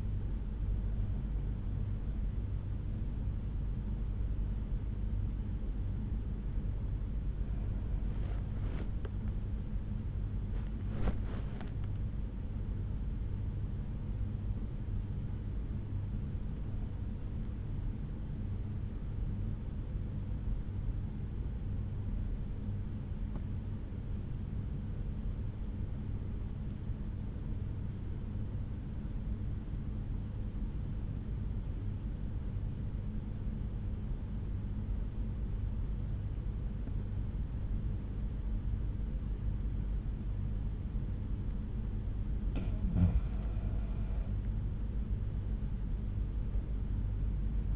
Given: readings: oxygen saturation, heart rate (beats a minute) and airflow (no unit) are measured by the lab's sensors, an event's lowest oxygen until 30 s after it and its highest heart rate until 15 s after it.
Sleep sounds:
breathing in sleep by a smartphone at the bedside; 1
26.00-41.20 s: obstructive apnea (N1, oxygen 96% highest, then 88% lowest, heart rate 64 at the start, 70 highest)
From the record:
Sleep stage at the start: N1 (lightest sleep); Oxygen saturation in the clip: 88 to 96%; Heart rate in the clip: 63 to 75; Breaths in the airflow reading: 5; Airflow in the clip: -8.9 to 9.7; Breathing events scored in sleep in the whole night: 368 in 8.0 hours asleep

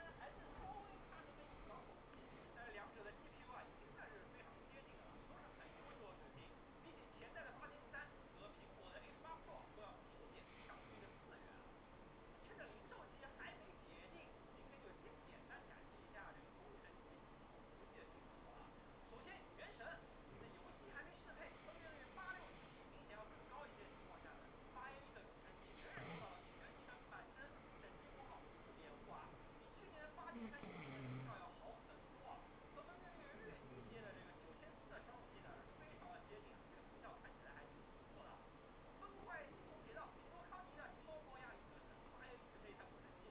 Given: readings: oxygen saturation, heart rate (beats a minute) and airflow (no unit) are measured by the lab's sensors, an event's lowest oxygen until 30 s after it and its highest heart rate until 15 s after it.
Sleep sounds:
a person awake in a sleep study, by a voice recorder at the bedside; none
0.00-43.31 s: awake
From the record:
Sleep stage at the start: awake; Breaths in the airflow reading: 13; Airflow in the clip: -0.7 to 0.7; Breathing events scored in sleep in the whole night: 403 in 5.5 hours asleep

